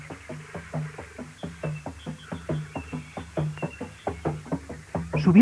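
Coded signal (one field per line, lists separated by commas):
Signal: drum signal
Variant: garamut slit drums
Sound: steady rapid hollow wooden drum strokes with a low booming pitch, two drums interlocking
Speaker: Desde el interior del piso superior de esta casa Tambarán, piso al que solo tienen acceso los que han pasado por la ceremonia de la iniciación, las voces de 2 tambores garamut están convocando asamblea.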